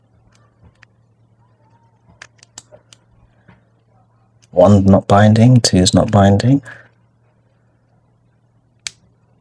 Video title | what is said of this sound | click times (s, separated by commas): How to Pick a Lock: 3 Simple Methods for Beginners | There's a little click back there. | 8.9 s